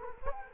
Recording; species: mosquito wingbeat signal from an infrared sensor; Culex quinquefasciatus